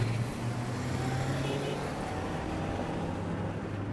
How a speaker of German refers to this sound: Dutzende von Kämpfern kommen aus der Stadt gerannt, hasten in ihre Autos und fahren in rasendem Tempo dem Ortsausgang entgegen. Ein Rückzug.